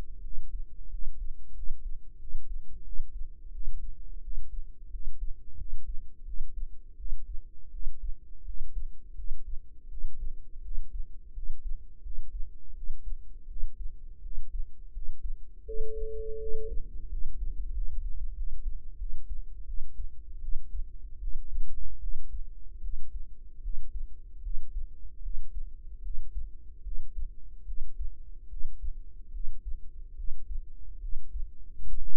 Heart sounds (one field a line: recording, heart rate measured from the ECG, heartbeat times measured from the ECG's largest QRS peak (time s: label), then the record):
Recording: heart sounds by microphone in the right ear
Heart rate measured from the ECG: 82 bpm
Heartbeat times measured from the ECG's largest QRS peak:
0.20 s: heartbeat
0.88 s: heartbeat
1.52 s: heartbeat
2.17 s: heartbeat
2.82 s: heartbeat
3.50 s: heartbeat
4.20 s: heartbeat
4.89 s: heartbeat
5.55 s: heartbeat
6.23 s: heartbeat
6.95 s: heartbeat
7.69 s: heartbeat
8.43 s: heartbeat
9.14 s: heartbeat
9.87 s: heartbeat
10.60 s: heartbeat
11.32 s: heartbeat
12.00 s: heartbeat
12.73 s: heartbeat
13.46 s: heartbeat
14.20 s: heartbeat
14.91 s: heartbeat
15.63 s: heartbeat
16.37 s: heartbeat
17.07 s: heartbeat
17.72 s: heartbeat
18.34 s: heartbeat
18.97 s: heartbeat
19.65 s: heartbeat
20.40 s: heartbeat
21.19 s: heartbeat
21.99 s: heartbeat
22.80 s: heartbeat
23.61 s: heartbeat
24.41 s: heartbeat
25.21 s: heartbeat
26.01 s: heartbeat
26.82 s: heartbeat
27.64 s: heartbeat
28.47 s: heartbeat
29.31 s: heartbeat
30.15 s: heartbeat
30.99 s: heartbeat
31.84 s: heartbeat
From the record:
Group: healthy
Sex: female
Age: 19 years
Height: 163 cm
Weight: 48.9 kg